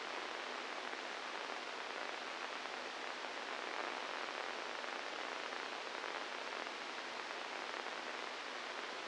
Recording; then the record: brain microelectrode recording played as sound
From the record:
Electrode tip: inside the subthalamic nucleus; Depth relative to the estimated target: 0 mm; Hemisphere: right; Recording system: NeuroSet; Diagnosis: Parkinson's disease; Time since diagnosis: 8 years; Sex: male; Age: 46 years